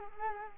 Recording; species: mosquito wingbeat signal from an infrared sensor; Culex quinquefasciatus